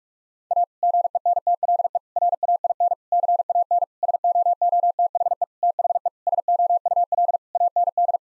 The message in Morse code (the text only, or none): A GENTLE RAIN CAN SOOTHE THE SOUL AND